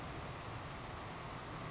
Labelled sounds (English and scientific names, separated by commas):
Savannah Sparrow (Passerculus sandwichensis)